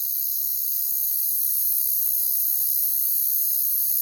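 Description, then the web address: Crickets forming an unbroken, high, hissy trill that stays level throughout. "Natures Songs Sleep Sounds of Nature CRICKETS Crickets"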